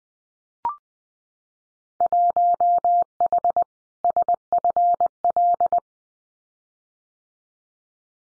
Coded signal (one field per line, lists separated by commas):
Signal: Morse code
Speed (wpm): 20 wpm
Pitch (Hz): 700 Hz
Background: none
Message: 1H SFL